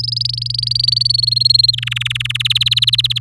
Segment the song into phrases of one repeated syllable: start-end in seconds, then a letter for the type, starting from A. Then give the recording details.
0.00-1.07 A, 1.09-1.71 B, 1.73-2.37 C, 2.40-3.19 D. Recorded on 4 May 2018 at 09:55. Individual llb16